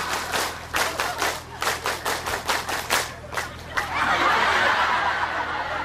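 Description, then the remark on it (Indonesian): A PKK community group claps together on cue in a 'tepuk satu' clapping routine, in a ragged, uneven rhythm, a dozen or so loose bursts, then the claps dissolve into a steady wash of applause and crowd noise with some laughter. “Semuanya tepuk satu. Enggak kompak sama sekali ini gimana?”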